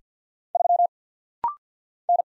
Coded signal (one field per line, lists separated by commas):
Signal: Morse code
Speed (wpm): 50 wpm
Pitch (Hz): 700 Hz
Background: none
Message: 3 N